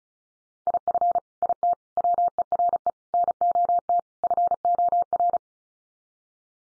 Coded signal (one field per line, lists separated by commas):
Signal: Morse code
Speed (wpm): 34 wpm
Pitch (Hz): 700 Hz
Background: none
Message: IF IT WERE NOT FOR